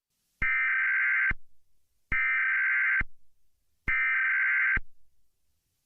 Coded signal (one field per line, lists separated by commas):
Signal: Emergency Alert System (SAME) tones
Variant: header bursts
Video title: EAS scenario | The Attack (PT. 1) | READ DESC.